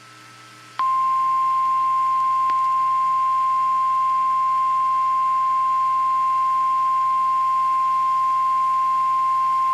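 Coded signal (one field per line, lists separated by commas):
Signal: Emergency Alert System (SAME) tones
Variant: 1050 Hz attention tone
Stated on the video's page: Severe thunderstorm alerts from Georgia counties, heavily edited recordings.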